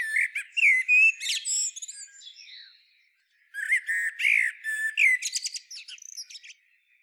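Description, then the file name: Common blackbird song: two phrases, each a low fluty warble running into a squeaky, high twittering flourish, separated by a short pause. "Turdus merula"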